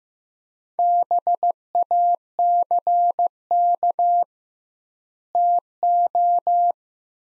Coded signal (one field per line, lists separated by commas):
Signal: Morse code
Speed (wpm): 15 wpm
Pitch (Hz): 700 Hz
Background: none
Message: BACK TO